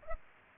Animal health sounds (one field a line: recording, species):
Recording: mosquito wingbeat signal from an infrared sensor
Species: Culex pipiens